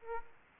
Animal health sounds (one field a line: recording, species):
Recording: mosquito wingbeat signal from an infrared sensor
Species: Aedes aegypti